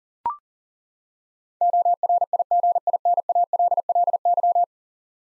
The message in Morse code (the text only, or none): ORIGINALLY